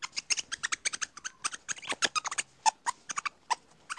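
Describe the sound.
Lemur chirps, high-pitched and rapid, tumbling out in quick irregular bursts with short gaps, the calls crowding densely through the four seconds.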